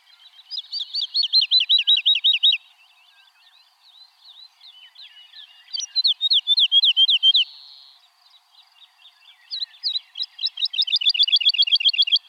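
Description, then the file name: Woodlark singing three runs of fast, repeated lilting notes, each phrase a rolling trill, with softer twittering between them. "Alouette lulu"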